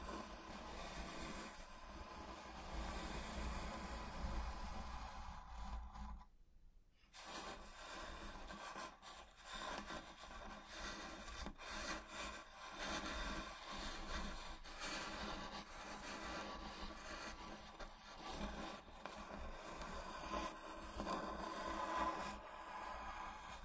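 Slow scratching and tracing across a wooden box, a dense, rough rubbing that continues almost without pause. The scraping rises and falls in uneven strokes, with a brief near-silent break around six to seven seconds before it resumes at similar strength.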